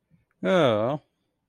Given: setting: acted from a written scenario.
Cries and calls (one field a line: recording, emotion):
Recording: vocal sound without words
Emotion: sympathy